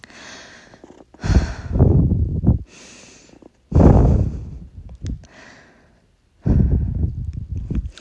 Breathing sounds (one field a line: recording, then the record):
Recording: deep breathing after running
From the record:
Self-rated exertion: vigorous exertion (4 of 6)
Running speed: 7 miles an hour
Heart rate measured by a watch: 101 beats a minute at the start, 109 at the end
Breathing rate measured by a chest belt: 21 breaths a minute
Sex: female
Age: 18 years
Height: 167 cm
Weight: 50 kg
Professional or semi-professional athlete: no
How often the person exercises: 1 to 2 times a week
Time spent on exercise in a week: 1 to 2 hours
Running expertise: no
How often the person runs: 1 to 2 times a week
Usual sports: running, walking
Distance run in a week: 1 to 2 km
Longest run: 6 km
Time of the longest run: 34 minutes